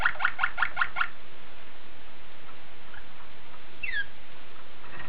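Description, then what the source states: Waterslager canary song: a few quick bubbling pulses in the first second, then near silence with a falling note later. Waterslager breed of canary.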